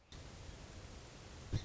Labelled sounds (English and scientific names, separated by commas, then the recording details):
Song Sparrow (Melospiza melodia)
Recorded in Sonoma County, California